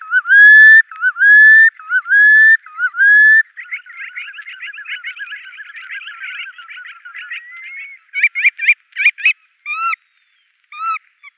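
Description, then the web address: Red knot display song with several long, rising whistles, then a fast, buzzy chattering stretch, ending in sharp, clipped whistled notes with pauses between them. Male bird giving display song. "Schulze Peter Knot male display"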